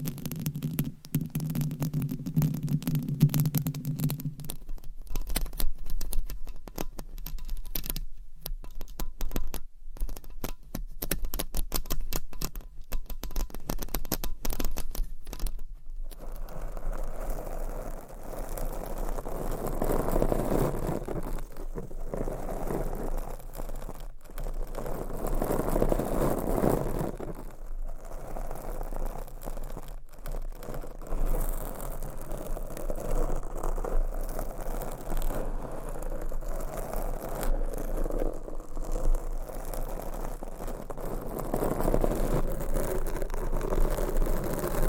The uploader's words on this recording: ASMR Mic Scratching Brain Scratching with 30 DIFFERENT MICS Covers & Nails No Talking.